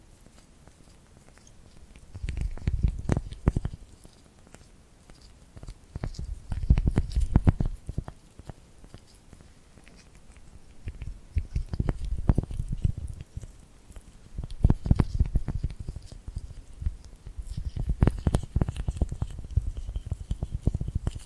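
Tingly, sticky hand sounds come in bursts of dense crackling and peeling, each lasting a second or two, around 3, 7, 12, 15 and 19 seconds. The sound is mostly low and soft with sharp clicks on top, and quieter rustling fills the gaps between bursts.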